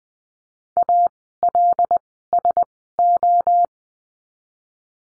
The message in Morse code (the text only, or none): A L S O